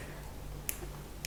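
A stethoscope chestpiece with a rubber rim is rotated on its stem until it clicks into its working position. A sharp click sounds at 0.7 s, followed by a second, slightly softer tick at 1.3 s, over a faint steady low hum. The chestpiece is seated in the working position.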